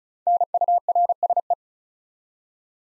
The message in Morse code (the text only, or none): NURSE